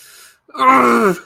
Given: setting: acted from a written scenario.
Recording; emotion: vocal sound without words; anger